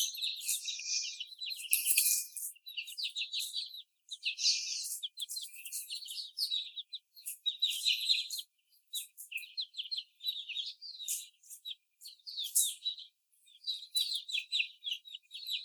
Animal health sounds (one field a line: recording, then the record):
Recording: young laying hens in a cage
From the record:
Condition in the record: before the stressor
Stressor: sudden umbrella opening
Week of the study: 3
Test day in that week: 2